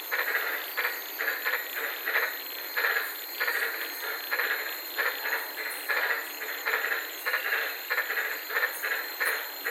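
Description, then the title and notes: White-lipped tree frogs calling with rapid, rough croaks in uneven series, accompanied by continuous shrill insect buzzing. Several frogs calling at night in the Daintree rainforest, Queensland, Australia, recorded from inside a car. "White Lipped Frog Podcast. I was sitting in my car in the Daintree rainforest in Queensland this night and fell asleep listening to these amazing White lipped frogs"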